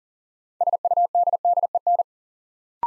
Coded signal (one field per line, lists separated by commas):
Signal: Morse code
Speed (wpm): 41 wpm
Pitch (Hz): 700 Hz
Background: none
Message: SUDDEN